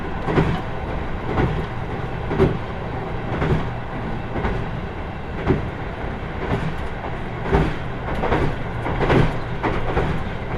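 A Kyushu Odan limited express train on the Hohi Line climbs the steep Aso grade after the Tateno switchback. A steady low rumble runs throughout, broken by sharp clicks from wheels crossing rail joints, arriving about once a second and sometimes in quick pairs.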